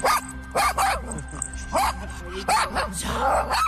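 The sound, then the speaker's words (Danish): A small dog barks and yips in a quick, uneven series of sharp, high-pitched bursts, about half a dozen, fairly loud against a low steady hum. “Hvad hedder din hund? Hun hedder Leila. Hej, Leila. Hvor er den dog sød.”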